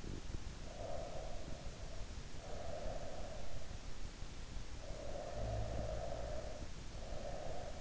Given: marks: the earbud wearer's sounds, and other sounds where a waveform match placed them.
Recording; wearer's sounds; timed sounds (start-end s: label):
sounds in sleep by an in-ear microphone; breath, snoring breath
0.64-3.66 s: breath
4.64-7.81 s: snoring breath